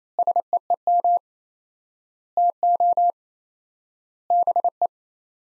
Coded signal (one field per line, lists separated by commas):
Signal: Morse code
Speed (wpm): 28 wpm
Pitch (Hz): 700 Hz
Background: none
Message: SEEM TO BE